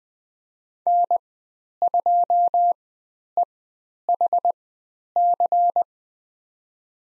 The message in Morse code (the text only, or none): N2EHC